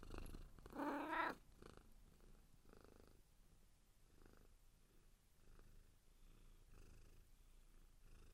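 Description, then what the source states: Cat gives one short harmonic meow near the start, then purrs in soft rhythmic pulses for the rest. Cat purring and meowing.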